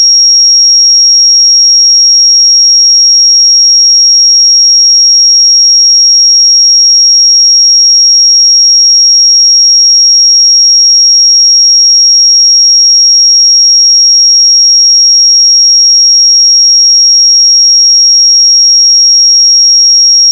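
A pure sine tone at 5594 Hz holds perfectly steady for the full twenty seconds, a thin, bright, piercing whistle with no wavering in pitch or loudness. Nothing else is present, and there is no background noise behind it.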